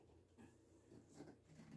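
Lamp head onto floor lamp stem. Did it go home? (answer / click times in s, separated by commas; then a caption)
no / none. A lamp head is pushed onto the stem of a floor lamp, with low, steady handling noise and a few soft bumps around 0.4 s and 1.2 s. The lamp head has not clicked in yet.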